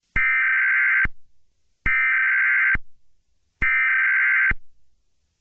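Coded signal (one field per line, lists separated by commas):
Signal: Emergency Alert System (SAME) tones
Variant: header bursts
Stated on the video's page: A fake, simulated tornado warning alert.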